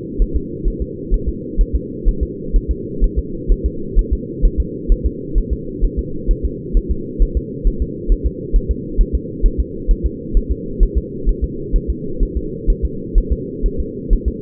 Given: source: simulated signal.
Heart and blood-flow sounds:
fetal heart sounds
0.22 s: S1
0.36 s: S2
0.68 s: S1
0.82 s: S2
1.14 s: S1
1.28 s: S2
1.61 s: S1
1.75 s: S2
2.08 s: S1
2.23 s: S2
2.56 s: S1
2.71 s: S2
3.04 s: S1
3.19 s: S2
3.52 s: S1
3.66 s: S2
3.99 s: S1
4.13 s: S2
4.45 s: S1
4.60 s: S2
4.92 s: S1
5.06 s: S2
5.38 s: S1
5.53 s: S2
5.84 s: S1
5.99 s: S2
6.31 s: S1
6.45 s: S2
6.77 s: S1
6.91 s: S2
7.22 s: S1
7.37 s: S2
7.67 s: S1
7.82 s: S2
8.12 s: S1
8.26 s: S2
8.56 s: S1
8.71 s: S2
9.01 s: S1
9.15 s: S2
9.46 s: S1
9.60 s: S2
9.91 s: S1
10.06 s: S2
10.37 s: S1
10.52 s: S2
10.83 s: S1
10.98 s: S2
11.29 s: S1
11.44 s: S2
11.76 s: S1
11.90 s: S2
12.23 s: S1
12.37 s: S2
12.70 s: S1
12.85 s: S2
13.18 s: S1
13.33 s: S2
13.66 s: S1
13.80 s: S2
14.13 s: S1
14.28 s: S2
From the record:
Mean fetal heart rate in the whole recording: 130 bpm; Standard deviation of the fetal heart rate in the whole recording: 2 bpm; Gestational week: 38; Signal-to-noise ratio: -4.3 dB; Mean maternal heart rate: 72 bpm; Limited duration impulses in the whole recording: absent

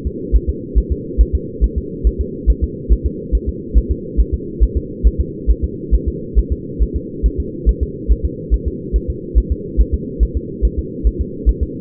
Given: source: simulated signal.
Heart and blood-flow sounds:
fetal heart sounds
0.07 s: S2
0.36 s: S1
0.50 s: S2
0.78 s: S1
0.92 s: S2
1.21 s: S1
1.35 s: S2
1.64 s: S1
1.78 s: S2
2.07 s: S1
2.21 s: S2
2.50 s: S1
2.64 s: S2
2.92 s: S1
3.06 s: S2
3.35 s: S1
3.49 s: S2
3.78 s: S1
3.92 s: S2
4.20 s: S1
4.34 s: S2
4.63 s: S1
4.77 s: S2
5.07 s: S1
5.21 s: S2
5.50 s: S1
5.64 s: S2
5.95 s: S1
6.08 s: S2
6.39 s: S1
6.52 s: S2
6.83 s: S1
6.96 s: S2
7.26 s: S1
7.40 s: S2
7.69 s: S1
7.83 s: S2
8.11 s: S1
8.25 s: S2
8.54 s: S1
8.68 s: S2
8.96 s: S1
9.10 s: S2
9.38 s: S1
9.52 s: S2
9.81 s: S1
9.94 s: S2
10.23 s: S1
10.37 s: S2
10.65 s: S1
10.79 s: S2
11.07 s: S1
11.21 s: S2
11.49 s: S1
11.63 s: S2
From the record:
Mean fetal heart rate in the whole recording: 140 bpm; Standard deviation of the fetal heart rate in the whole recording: 2 bpm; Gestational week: 34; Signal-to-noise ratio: -4.1 dB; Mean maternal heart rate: no maternal heart sound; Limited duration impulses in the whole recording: absent

